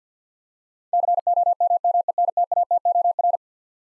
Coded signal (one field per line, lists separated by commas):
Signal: Morse code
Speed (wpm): 50 wpm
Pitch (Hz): 700 Hz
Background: none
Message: COMMENTATOR